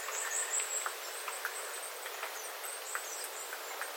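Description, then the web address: Small birds uttering a string of high, thin, short calls, some slightly rising, over a steady hiss with a few soft clicking drips. Small flock of birds calling, water dripping from the eaves after rain, 9 September 2025. "paivat 9 9 2025 pikkulintuparven aantelya vesi tippuu raystaalta sateen jalkeen"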